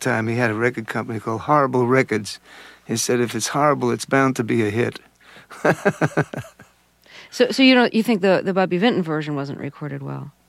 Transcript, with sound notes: He had a record company called Horrible Records. He said if it's horrible, it's bound to be a hit. (laughs)
So you don't -- you think the Bobby Vinton version wasn't recorded well?